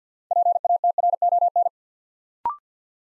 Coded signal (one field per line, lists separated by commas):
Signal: Morse code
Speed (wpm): 50 wpm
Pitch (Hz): 700 Hz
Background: none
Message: PATRON